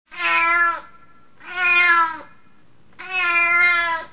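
Cat meowing: three clear, drawn-out meows about one and a half seconds apart, the last running to the end, with quiet between them.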